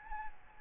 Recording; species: mosquito wingbeat signal from an infrared sensor; Aedes albopictus